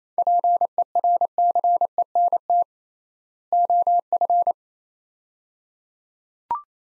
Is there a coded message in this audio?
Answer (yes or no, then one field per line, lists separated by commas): yes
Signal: Morse code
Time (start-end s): 0.2-4.5 s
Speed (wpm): 28 wpm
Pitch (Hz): 700 Hz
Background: none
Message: PERCENT OF